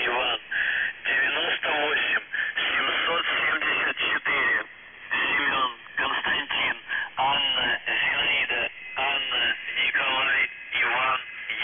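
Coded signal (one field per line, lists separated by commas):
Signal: numbers station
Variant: UVB-76, Russian voice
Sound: a male voice reading words and numbers over a narrow, noisy radio channel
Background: radio static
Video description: Callsign: NZhTI (НЖТИ) Message text: 98 774 SKAZANIYe (СКАЗАНИЕ) 29 59 52 64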